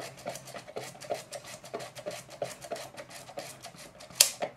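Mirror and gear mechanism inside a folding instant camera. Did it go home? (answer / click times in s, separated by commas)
yes / 4.2 s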